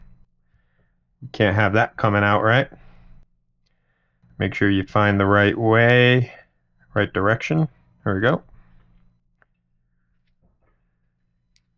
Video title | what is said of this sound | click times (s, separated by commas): Glock Gen6 Extractor & Safety Plunger Removal/Installation | Seems like the plunger didn't catch the extractor. | none